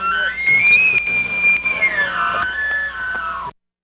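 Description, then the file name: Elk giving a high, whistled call that holds steady, then slides down in pitch, with faint background rumble. "wildlife Elk"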